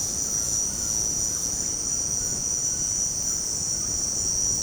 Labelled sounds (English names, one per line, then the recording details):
White-throated Toucan
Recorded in dense forest near Puerto Asís, Putumayo, Colombia, on 18 February 2024 at 18:00
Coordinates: 0.503, -76.322
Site G6418